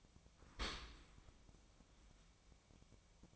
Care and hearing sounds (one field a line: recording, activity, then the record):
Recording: daily activity, microphone in the room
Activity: open dishwasher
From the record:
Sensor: 1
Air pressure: 1003.1 hPa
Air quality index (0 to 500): 196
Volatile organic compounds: 6 ppm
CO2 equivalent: 1872 ppm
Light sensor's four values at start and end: 18/45/19/22 and 18/44/18/22